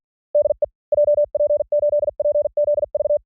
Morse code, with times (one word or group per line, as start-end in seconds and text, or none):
0.3-0.6 DE
0.9-3.2 JP8PZV